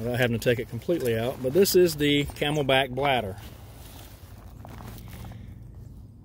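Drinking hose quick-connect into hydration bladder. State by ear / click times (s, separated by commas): not seated / none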